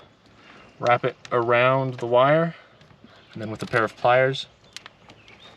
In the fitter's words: clamp them down until you hear the click